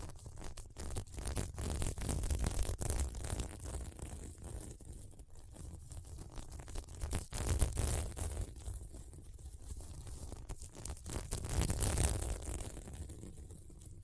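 Scratching on a sequin mermaid pillow, a dense run of scraping and rustling strokes with a low rumbling body under bright hiss. Louder swells of scratching come around two to three seconds, near seven to eight, and again around twelve, with quieter stretches between.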